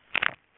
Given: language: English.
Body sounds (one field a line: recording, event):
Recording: throat vibration sensor signal played as sound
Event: swallow